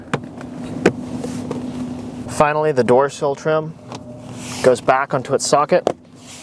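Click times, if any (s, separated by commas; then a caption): none. A plastic door trim on a 2012-2014 Lexus ES is handled and pressed back toward its mounting socket during a CarPlay/Android Auto installation, with sharp handling taps near 0.1 s and 0.9 s and a steady low hum throughout. Someone talks over the second half. The trim has not snapped into place yet; nothing has seated.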